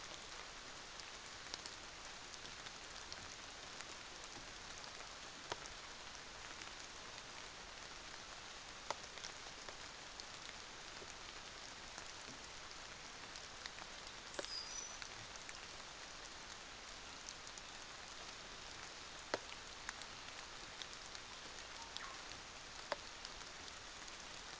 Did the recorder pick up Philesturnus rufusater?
no